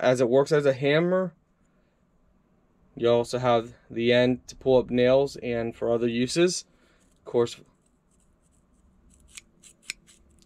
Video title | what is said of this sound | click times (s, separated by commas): Unboxing: Gifts for Men Dad Boyfriend, Heartgon Multitool Hammer and Pliers, 12 in 1 for Survival | very nice and that locks so you can actually slide that button up and that locks in place | 9.9 s